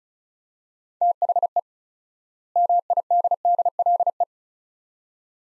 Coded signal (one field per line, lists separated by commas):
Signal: Morse code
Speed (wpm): 36 wpm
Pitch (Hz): 700 Hz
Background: none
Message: THE MIDDLE